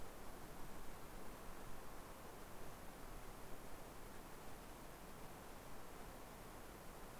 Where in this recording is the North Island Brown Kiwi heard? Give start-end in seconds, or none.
none